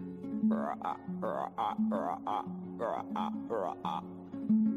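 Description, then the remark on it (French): A voice imitates frogs croaking, with about ten short, throaty bursts in a steady rhythm, often in quick pairs, over a low sustained hum. “Eh bien, ce petit garçon s'assoit sur un tronc d'arbre et il écoute les grenouilles.”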